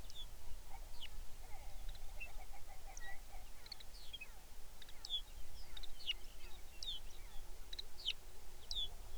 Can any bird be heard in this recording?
yes